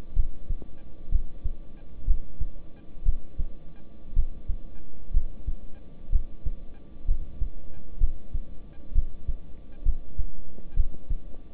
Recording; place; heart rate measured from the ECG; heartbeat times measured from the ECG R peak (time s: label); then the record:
heart sounds by stethoscope; between the tricuspid and mitral areas; 62 bpm
0.14 s: heartbeat
1.09 s: heartbeat
2.05 s: heartbeat
3.03 s: heartbeat
4.13 s: heartbeat
5.11 s: heartbeat
6.10 s: heartbeat
7.06 s: heartbeat
7.98 s: heartbeat
8.93 s: heartbeat
9.83 s: heartbeat
10.74 s: heartbeat
From the record:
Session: rest, lying down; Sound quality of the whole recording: good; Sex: male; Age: 26 years